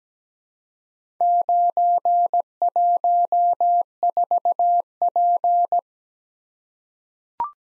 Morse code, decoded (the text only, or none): 914P